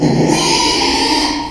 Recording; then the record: squeal of a Yucatan mini pig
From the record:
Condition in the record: after surgery on the right vocal fold (resection and tissue-engineered implant); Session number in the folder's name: 2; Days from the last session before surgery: 13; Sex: male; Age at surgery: 12 weeks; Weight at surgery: 13 kg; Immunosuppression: cyclosporine, prednisolone